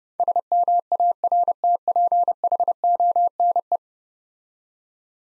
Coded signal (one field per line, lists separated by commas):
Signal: Morse code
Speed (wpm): 32 wpm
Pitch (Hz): 700 Hz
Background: none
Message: SMARTPHONE